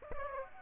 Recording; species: mosquito wingbeat signal from an infrared sensor; Aedes aegypti